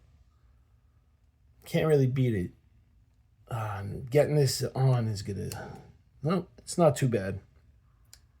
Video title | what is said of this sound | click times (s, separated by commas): G-Shock GD-350-1C - Clean-up | Everything snaps right in. | 8.1 s